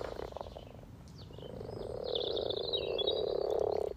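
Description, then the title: Frog chorus of soft purring croaks, merging into a steady rolling drone that grows louder toward the end while birds chirp and trill. About 20 frogs in a sunny garden pond, some floating, some on fresh frogspawn, chorusing to welcome arriving females; Freshfield, Formby, Merseyside, UK; sunny St Patrick's Day, 17 March 2023, spring, lunchtime. "Frog Chorus Spring sounds first Lunch outside St Patrick’s day 17 March 2023 . Freshfield, Formby"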